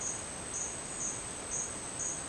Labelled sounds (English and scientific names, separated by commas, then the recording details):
none
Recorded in dense forest near Puerto Asís, Putumayo, Colombia, on 29 June 2025 at 10:30
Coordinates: 0.484, -76.317
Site G045